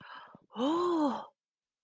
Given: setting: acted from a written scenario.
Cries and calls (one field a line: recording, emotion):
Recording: vocal sound without words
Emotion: desire